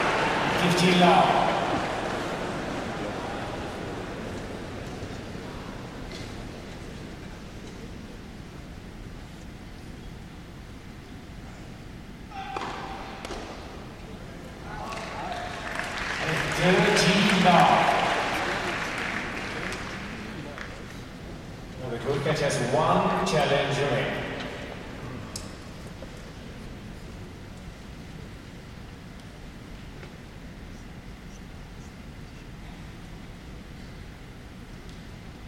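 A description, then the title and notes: Crowd noise at a tennis match on a grass court: bursts of cheering and clapping swell near the start, again around 17 seconds, and around 23 seconds, each fading back. Between them a quieter murmur of the stadium and occasional voices carry on. Djokovic vs. Hurkacz on Centre Court. A match on Centre Court at Wimbledon. Defending champion Novak Djokovic plays Hurkacz, and it's 5-5 in the second set.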